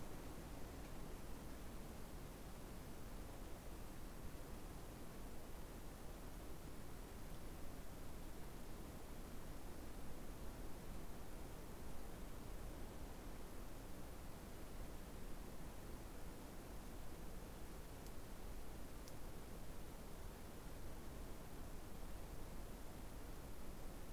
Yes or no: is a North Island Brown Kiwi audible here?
no